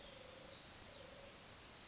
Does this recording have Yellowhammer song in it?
no